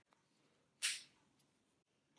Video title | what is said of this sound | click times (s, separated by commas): Remove Popsocket to reposition & how to twist off Popsocket top to swap - Quick & Easy | then you twist till you hear a click | 1.4 s